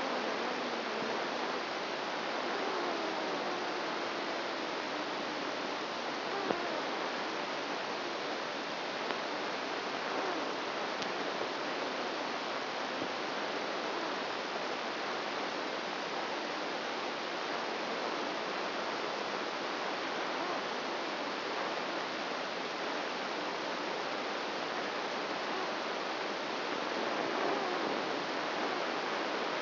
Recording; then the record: brain microelectrode recording played as sound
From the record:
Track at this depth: outside the subthalamic nucleus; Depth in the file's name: -0.51 mm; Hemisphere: right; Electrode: 2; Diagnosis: Parkinson's disease